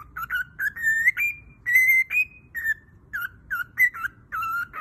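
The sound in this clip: Cockatiel song of pure whistled notes, some held and rising, broken by brief gaps into short melodic phrases.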